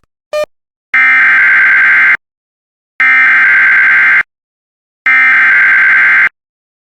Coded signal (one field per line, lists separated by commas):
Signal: Emergency Alert System (SAME) tones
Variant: header bursts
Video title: Severe Thunderstorm Warning for Rush, IN; Shelby, IN; Hancock, IN; and Henry, IN (EAS #139)